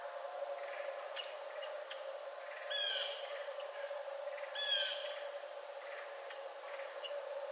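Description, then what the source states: Red fox calls: a pair of brief, bright yelps roughly two seconds apart, over a constant hum. Recorded 11 November 2011.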